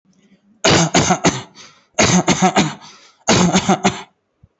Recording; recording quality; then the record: shallow voluntary cough; excellent, no background noise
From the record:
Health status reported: healthy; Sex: male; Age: 26 years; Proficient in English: yes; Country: India